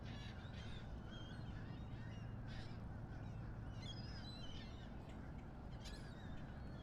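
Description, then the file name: Gull calls, scattered short squealing cries throughout, over a steady deep engine-like harbor rumble. Harbor ambience at Miami harbor, recorded at 7 am. "Skyliner-Miami-harbor-7 am-seagul"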